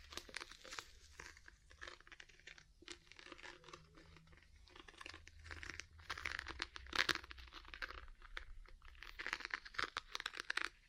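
Ear cleaning and massage sounds: dense, continuous crinkly scratching and rubbing with quick crackles, busier after six seconds, over a low rumble.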